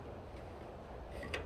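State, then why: Not seated. A hard drive in its tray is slid back into a drive bay of a WD MyCloud Pro Series NAS, with a low, steady rumble and a short, sharp knock near 1.3 seconds. The tray does not click into place and still needs to be pushed further in, so nothing has seated yet.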